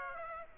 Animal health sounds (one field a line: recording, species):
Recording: mosquito wingbeat signal from an infrared sensor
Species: Aedes aegypti